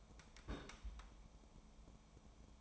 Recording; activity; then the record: daily activity, microphone in the room; place on stove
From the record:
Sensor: 1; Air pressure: 1000.0 hPa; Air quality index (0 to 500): 134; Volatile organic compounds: 2 ppm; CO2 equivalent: 1274 ppm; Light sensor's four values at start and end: 38/97/41/50 and 38/97/41/51